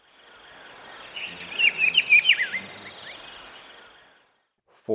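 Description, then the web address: Rufous-browed peppershrike song: a single rapid warbled phrase of slurred whistles, partly masked by a broad hissing noise band that stops abruptly near the end. Ecuador. "Birds of Ecuador. Rufous-Browed Peppershrike"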